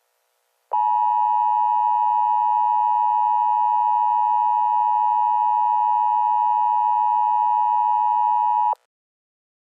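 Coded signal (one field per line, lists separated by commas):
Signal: Emergency Alert System (SAME) tones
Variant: 853 and 960 Hz attention tone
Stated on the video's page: Fictional Illinois weather disaster scenario, not a real alert.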